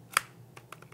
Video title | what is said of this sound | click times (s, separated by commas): L'Expert Fuji -- XA1 - Premier aperçu - Vidéo 1 de 3 | entend clic et il est solide sur le boîtier on | 0.2 s